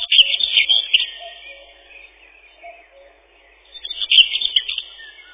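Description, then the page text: Common whitethroat song: two quick, scratchy chattering phrases. Soft, low whistled notes sound faintly in the gap between them. Song described as a chattering 'tirli-vi-tir-li-chet-chit-chitirli'. "Серая славка, или славка-говорунчик — Sylvia communis"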